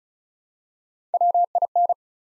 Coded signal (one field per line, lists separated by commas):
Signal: Morse code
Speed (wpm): 36 wpm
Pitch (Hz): 700 Hz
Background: none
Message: WIN